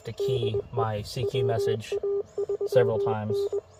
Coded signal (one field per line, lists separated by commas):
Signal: Morse code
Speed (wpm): 21 wpm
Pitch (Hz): 400 Hz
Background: speech, radio noise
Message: DE WA3N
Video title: My first visit to Shiloh National Battlfield - POTA